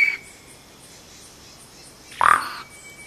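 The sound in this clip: Vogelkop bowerbird uttering a single short, harsh, rasping note midway through, with faint thin whistles and soft insect-like ticking in the background.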